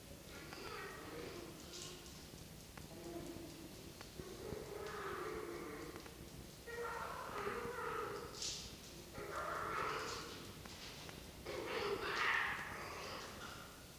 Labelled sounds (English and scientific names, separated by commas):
Red Fox (Vulpes vulpes)